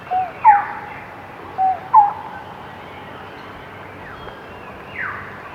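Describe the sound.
Lineated barbet calling with paired mellow hoots, a level note followed by a higher curved one, given twice in quick succession amid faint hiss.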